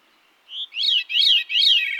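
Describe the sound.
Veery singing: a short whistled lead-in, then three swirling, descending fluty phrases, the last still going at the end.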